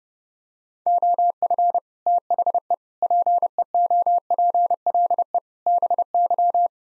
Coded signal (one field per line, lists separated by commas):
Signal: Morse code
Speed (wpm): 30 wpm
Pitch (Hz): 700 Hz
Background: none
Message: OF THE PEOPLE BY